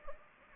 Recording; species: mosquito wingbeat signal from an infrared sensor; Anopheles gambiae